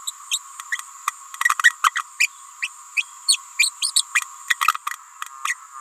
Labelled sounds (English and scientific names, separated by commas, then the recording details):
Green-rumped Parrotlet (Forpus passerinus) babbling
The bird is a female
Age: 28 days
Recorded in a nest box in Venezuela
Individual 17B31A3